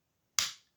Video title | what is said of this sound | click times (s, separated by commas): Xinggang Mechanical Planet(a desktop sized Primus, I kept calling it Machine Planet in the vid, lol) | you hear that click it into place. | 0.4 s